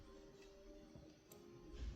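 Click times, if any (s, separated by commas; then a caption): none. A small Wi-Fi antenna coax cable connector is lined up with tweezers over its socket on the logic board of a MacBook A2337, with a steady tonal hum and faint ticking underneath and one brief, sharp tick at 1.3 s. The connector is still being handled and nothing has seated or clicked yet.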